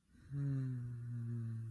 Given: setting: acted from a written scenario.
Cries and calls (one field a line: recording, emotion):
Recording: vocal sound without words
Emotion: serenity